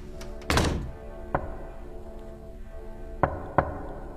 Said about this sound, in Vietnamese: Du nghe đâu đó có tiếng gõ cửa ở phía sau hè vọng lên